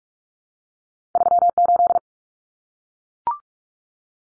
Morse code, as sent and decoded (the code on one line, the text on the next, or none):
...-- ---..
38